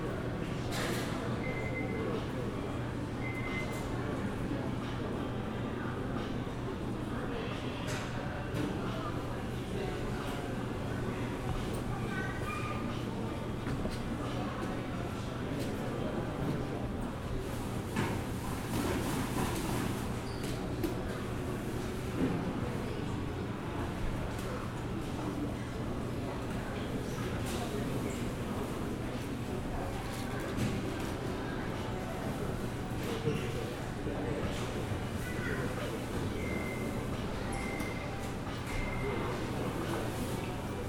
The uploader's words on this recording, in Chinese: 松山機場。記得當時散步累了,就在機場大廳隨意的找個地方坐著休息。看著熙來人往,搭配登機廣播。